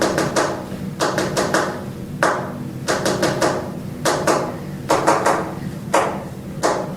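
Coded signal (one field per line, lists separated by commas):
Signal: tap code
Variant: knock code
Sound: wooden knocks in groups: one, four, one, four, one, three, one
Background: room hum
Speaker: C'est là où elle dit bye Anna, je crois.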